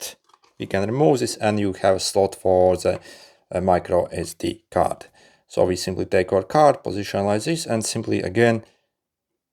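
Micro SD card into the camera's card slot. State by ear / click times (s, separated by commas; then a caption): not seated / none. A micro SD card is positioned at the card slot on the bottom of a V380 Pro WiFi PTZ security camera, where a cover has been removed, and begins to slide in. Someone talks throughout, and no click is heard. The card has not seated or clicked yet.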